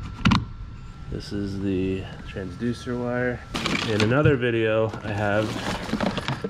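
A Garmin fish finder display is slid onto its quick-release mount base on a kayak, giving a sharp double click at 0.3 s and 0.4 s as it seats. Someone then talks, with a few faint light ticks near the end.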